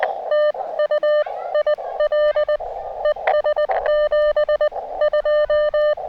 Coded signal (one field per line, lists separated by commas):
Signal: Morse code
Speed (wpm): 20 wpm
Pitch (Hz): 600 Hz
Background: none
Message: TU IL ES 72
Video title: Finally....a little POTA now that the weather is cooperating!